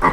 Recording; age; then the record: pig call; piglet (1 to 25 days)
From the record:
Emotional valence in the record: positive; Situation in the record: reunion after long isolation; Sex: female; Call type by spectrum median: low-frequency call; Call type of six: low-frequency tonal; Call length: 0.13 s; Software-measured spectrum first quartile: 454 Hz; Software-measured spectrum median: 953 Hz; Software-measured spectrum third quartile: 1264 Hz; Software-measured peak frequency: 1158 Hz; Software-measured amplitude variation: 136 dB a second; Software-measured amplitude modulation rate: 11.3 a second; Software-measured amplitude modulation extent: 12.1 dB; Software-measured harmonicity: 1.7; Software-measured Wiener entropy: -1.02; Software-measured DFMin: 866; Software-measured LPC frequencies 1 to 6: 1088, 1991, 3088, 4485, 5468, 6426 Hz